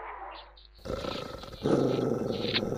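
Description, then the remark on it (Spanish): A dog's low, rough growl starts after a brief quiet moment, then swells into a louder, sustained snarl that rumbles on without a break until the end. “Chale, nada más te mordió ese perro y ya estás todo emputecido tú también, mano.”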